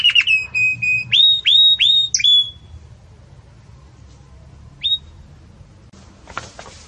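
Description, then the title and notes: Belgian canary giving a short run of clear whistled notes, each dropping then levelling, then near silence with one more note and some faint noise. Belgian canary, song style called campainha (bell), for tutoring young canaries being raised. "Belíssimo Canto Do Canário Belga Campainha Para Encarte De Filhotes. CANARIO"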